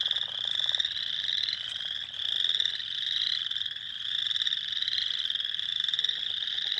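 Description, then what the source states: Spring peepers in full chorus, sharp rising peeps layered densely, with short low pulsed croaks at the start and end. Recorded 6 April 2021.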